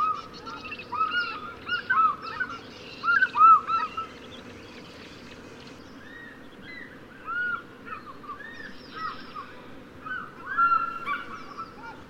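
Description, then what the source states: African fish eagles calling in overlapping bursts of ringing, arched yelps, several loud phrases with gaps between, over a constant low background hum. More than one African fish eagle.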